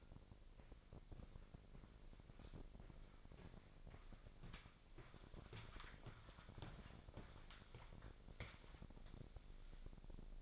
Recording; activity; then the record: daily activity, microphone in the room; walk to room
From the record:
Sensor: 5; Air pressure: 999.5 hPa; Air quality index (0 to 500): 215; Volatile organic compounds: 18 ppm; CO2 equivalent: 2634 ppm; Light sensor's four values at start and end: 35/80/32/31 and 33/76/31/30